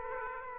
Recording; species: mosquito wingbeat signal from an infrared sensor; Aedes aegypti